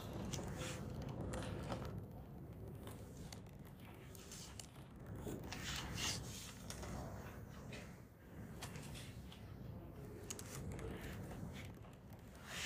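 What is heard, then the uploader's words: Library room tone with a steady low murmur and hum filling the space. Brief rustles and rubbing sounds, like pages and papers being handled, come every few seconds, with a soft knock of wood near the middle and faint voices beneath. In a library (no music). The noises of books and hard-working people. No music, only background noises.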